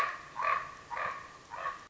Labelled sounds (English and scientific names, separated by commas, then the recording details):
Common Raven (Corvus corax)
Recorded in Sonoma County, California